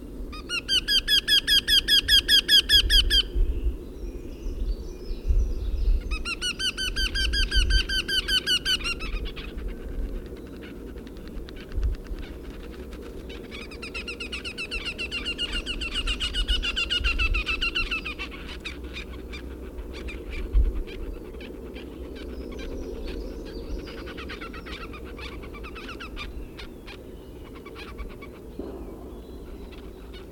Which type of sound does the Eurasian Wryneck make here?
call